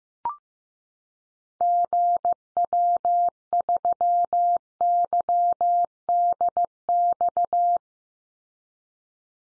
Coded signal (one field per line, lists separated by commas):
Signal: Morse code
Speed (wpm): 15 wpm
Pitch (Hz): 700 Hz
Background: none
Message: GW3YDX